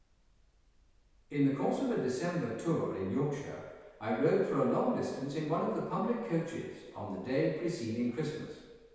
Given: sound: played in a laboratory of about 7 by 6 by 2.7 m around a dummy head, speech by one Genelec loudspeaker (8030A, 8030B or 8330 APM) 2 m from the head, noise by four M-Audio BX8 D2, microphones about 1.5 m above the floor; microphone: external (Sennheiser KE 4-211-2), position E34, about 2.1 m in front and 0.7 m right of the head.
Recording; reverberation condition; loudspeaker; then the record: male speech in English; high; 90 degrees to the left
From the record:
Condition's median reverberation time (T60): about 1300 ms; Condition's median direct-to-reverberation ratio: about -4.0 dB